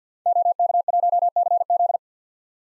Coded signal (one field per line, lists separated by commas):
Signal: Morse code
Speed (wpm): 50 wpm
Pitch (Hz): 700 Hz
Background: none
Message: OK1CZ